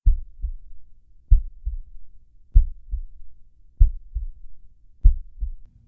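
Slow adult heartbeat heard through a stethoscope, about 48 beats per minute: bradycardia. Each beat is a pair of low-pitched sounds, S1 followed by S2, with long pauses between beats.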